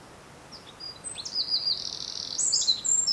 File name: Troglodytes troglodytes